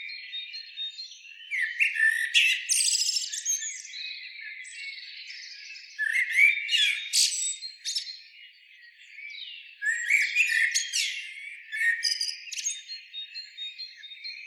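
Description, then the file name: Common blackbird song, rapid high twittering phrases mixed with lower warbled notes, in bursts with quieter gaps between them. "Turdus merula"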